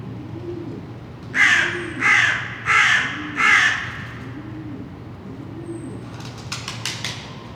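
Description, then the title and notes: Crow giving four harsh, grating caws in quick succession; a few sharp clicks follow at the end. Several crows in Saint-Gilles, Belgium; recorded with Earsight V2 microphones in AB stereo into a Zoom F3. "Saint-Gilles, Belgique - Crows - corneilles. corbeaux corneilles"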